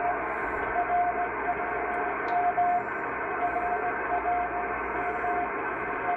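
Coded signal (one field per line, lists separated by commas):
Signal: radio time signal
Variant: RWM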